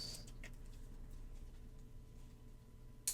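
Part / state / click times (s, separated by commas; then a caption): battery in a camera battery compartment / released / 3.1 s. The battery lock lever inside a camera's battery compartment is pushed, with faint low hum and soft ticking before it. A sharp click sounds at 3.1 s as the lock releases and the battery pops up.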